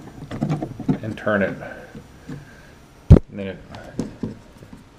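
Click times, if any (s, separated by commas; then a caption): 4.0 s. A drone propeller is lined up on the three tabs of the motor hub, pushed down and turned until it twist-locks into place, with a click at 4.0 s as it seats. Someone talks throughout, and a loud thump is heard near 3.1 s.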